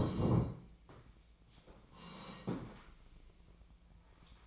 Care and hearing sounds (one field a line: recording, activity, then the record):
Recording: daily activity, microphone in the room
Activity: sit down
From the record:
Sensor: 1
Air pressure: 1012.3 hPa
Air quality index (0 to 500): 172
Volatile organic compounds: 3 ppm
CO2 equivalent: 1415 ppm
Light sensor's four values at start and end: 45/121/49/60 and 44/120/49/60